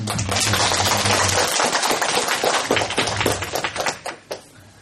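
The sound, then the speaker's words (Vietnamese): An audience at a Buddhist Dharma talk applauds to welcome a visiting venerable monk, a dense burst of many hands clapping at once, loud and steady before thinning into scattered claps and fading out; a low hum runs underneath. “Chúng ta xin một tràng pháo tay.”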